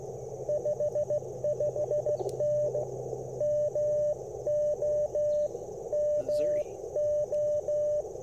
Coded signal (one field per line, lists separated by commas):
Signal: Morse code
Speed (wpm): 21 wpm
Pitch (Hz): 590 Hz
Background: speech, radio noise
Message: 55N MO MO